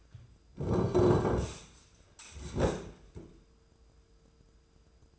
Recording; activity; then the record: daily activity, microphone in the room; sit down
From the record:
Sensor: 2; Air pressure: 995.8 hPa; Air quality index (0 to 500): 240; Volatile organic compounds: 1000 ppm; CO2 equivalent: 5924 ppm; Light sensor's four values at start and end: 25/60/26/29 and 27/66/29/32